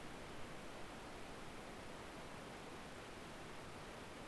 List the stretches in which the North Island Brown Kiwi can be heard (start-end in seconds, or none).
none